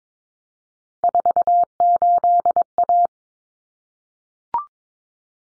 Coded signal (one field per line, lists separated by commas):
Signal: Morse code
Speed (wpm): 22 wpm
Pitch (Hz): 700 Hz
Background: none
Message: 48A